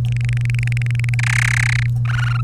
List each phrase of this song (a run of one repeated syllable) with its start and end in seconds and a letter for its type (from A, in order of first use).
0.05-1.14 A, 1.19-1.86 B, 2.05-2.41 C